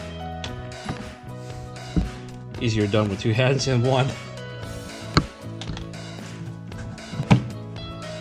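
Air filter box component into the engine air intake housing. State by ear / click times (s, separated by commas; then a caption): seated / 5.2 s. On a Porsche Cayenne V6 (958 / 92A), the air filter box part is slid with two hands into the engine air intake housing while its two lifted tabs are held up out of the way, with music playing and someone talking. A sharp mechanical hit at 5.2 s marks the part locking into place in the housing.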